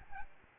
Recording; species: mosquito wingbeat signal from an infrared sensor; Aedes albopictus